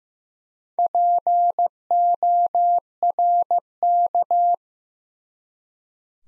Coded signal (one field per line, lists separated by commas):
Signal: Morse code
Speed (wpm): 16 wpm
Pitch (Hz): 700 Hz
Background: none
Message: PORK